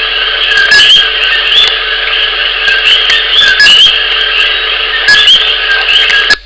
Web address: digemdj Sounds Coqui